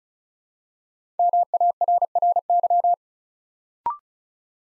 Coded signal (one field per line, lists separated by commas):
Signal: Morse code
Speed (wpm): 36 wpm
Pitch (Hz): 700 Hz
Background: none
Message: MARRY